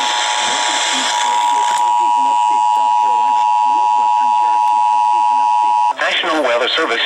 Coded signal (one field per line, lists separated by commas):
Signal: Emergency Alert System (SAME) tones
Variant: 853 and 960 Hz attention tone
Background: speech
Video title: WHO ELSE BUT GSP... EAS Alerts from 6/14/21 (EAS #5,814 - 5,823)